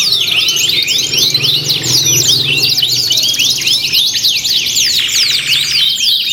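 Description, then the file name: Canaries singing continuously, quick high zigzag notes and bright trills stacked together in a crowded chorus over a faint low drone. Simulated canary singing contest with tutor songs mixed in as fill-in material. "audio simulasi lomba kenari isian. omkicau"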